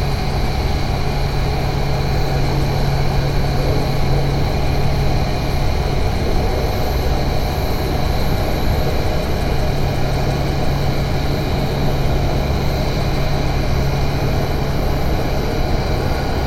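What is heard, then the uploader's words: Power lines give off a steady, unbroken hum with a low drone and a faint higher buzz layered above it. The level stays even throughout, with a dense rumbling texture underneath and no distinct events or changes. Transmission Towers [Bulk Power]. The Sound of Power Lines.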